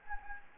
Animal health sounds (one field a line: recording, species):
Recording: mosquito wingbeat signal from an infrared sensor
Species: Anopheles gambiae